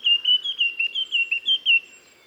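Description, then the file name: Eurasian blackcap producing a rapid run of about nine clear, high whistled notes, each slightly slurred, evenly spaced roughly five per second, then stopping; faint low background hum. "Sylvia atricapilla"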